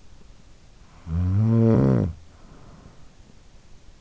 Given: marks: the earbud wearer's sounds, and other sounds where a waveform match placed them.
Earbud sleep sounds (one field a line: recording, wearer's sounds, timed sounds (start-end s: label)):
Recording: sounds in sleep by an in-ear microphone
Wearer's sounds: snoring breath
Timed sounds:
0.46-3.52 s: snoring breath